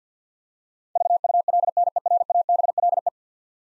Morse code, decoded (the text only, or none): VULNERABLE